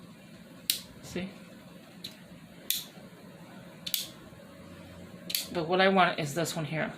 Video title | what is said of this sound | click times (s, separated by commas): Diy Leather Traveler's Notebook Series // Part One | and then turn it again you'll hear the click | 0.7 s